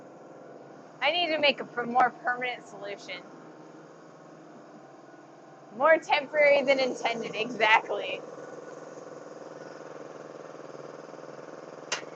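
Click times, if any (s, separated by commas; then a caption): 11.9 s. Someone talks in a shop over a steady background hum, replacing a failed temporary fix by pushing a part home along small guide tabs into its holder. A single sharp click at 11.9 s marks the part snapping into place and seating, unlike the last attempt, when it fell out.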